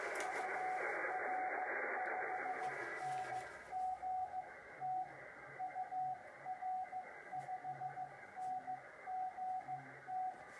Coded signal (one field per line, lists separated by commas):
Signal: Morse code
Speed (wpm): 16 wpm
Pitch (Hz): 740 Hz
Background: radio noise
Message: UR5NGT UR5NGT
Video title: Getting Back Into Morse Code